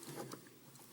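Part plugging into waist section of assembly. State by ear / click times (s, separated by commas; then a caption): not seated / none. A part is brought down and plugged into the waist section of an assembly, after a maroon piece was snapped into place. Short handling rustles and light knocks are heard, with a brief tap at 0.3 s. Nothing has seated or clicked yet.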